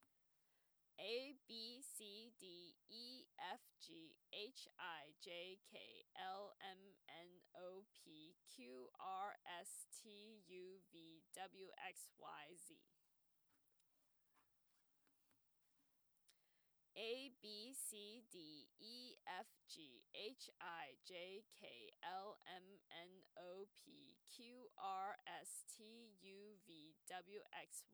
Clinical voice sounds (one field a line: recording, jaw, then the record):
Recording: letters of the alphabet, spoken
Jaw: free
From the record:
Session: first day, before the bite bar